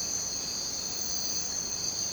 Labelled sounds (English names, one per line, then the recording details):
none
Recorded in dense forest near Puerto Asís, Putumayo, Colombia, on 22 June 2025 at 03:30
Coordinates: 0.484, -76.317
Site G045